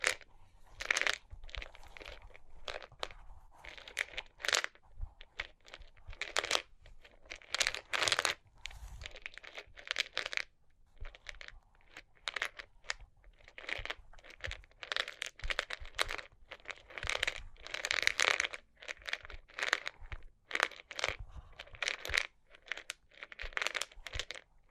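Tapping, scratching and tracing on cork and wood, in a steady string of short, dry, crackly strokes and scrapes. The bursts come irregularly, several per second, some quick and sharp, others drawn out and gritty, with brief quiet gaps between clusters.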